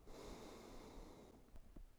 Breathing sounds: one breath near a microphone; exhalation

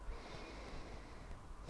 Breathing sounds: one breath near a microphone; inhalation

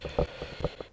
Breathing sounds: one breath near a microphone; inhalation

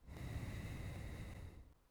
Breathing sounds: one breath near a microphone; exhalation

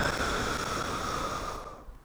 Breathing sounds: one breath near a microphone; exhalation

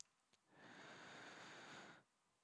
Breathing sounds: one breath near a microphone; inhalation

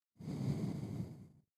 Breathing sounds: one breath near a microphone; exhalation

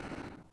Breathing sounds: one breath near a microphone; exhalation

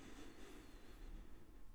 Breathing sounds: one breath near a microphone; inhalation

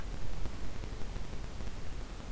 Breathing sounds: one breath near a microphone; inhalation

